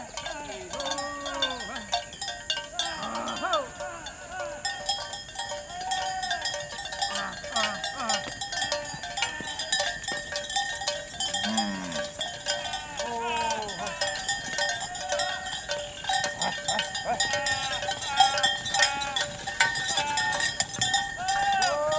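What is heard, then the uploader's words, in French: Cowherds in northeastern Brazil call out to gather their herd, their voices rising and falling in short, wavering cries throughout. Cowbells clank almost constantly, a dense, bright jangle that thickens toward the end, with steady rustling underneath. Dialogue des vaches et des hommes. Dans le Nordeste du Brésil, des vachers rassemblent leur troupeau avec des cris étranges et profonds. Un échange vocal entre l'homme et l'animal à l'heure de la traite.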